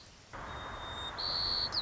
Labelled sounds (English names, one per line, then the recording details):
White-crowned Sparrow
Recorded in Sonoma County, California